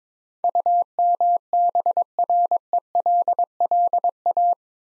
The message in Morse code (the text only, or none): UMBRELLA